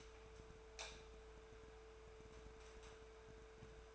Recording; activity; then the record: daily activity, microphone in the room; light on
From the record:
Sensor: 2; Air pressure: 1014.6 hPa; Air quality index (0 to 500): 184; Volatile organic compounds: 14 ppm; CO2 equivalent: 2439 ppm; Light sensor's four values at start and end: 17/42/18/19 and 25/68/28/30